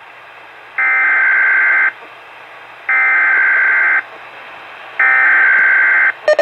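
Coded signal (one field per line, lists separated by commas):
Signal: Emergency Alert System (SAME) tones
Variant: header bursts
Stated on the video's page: Weatheradio Canada broadcast of a severe thunderstorm watch for Northern Ontario issued by Environment Canada.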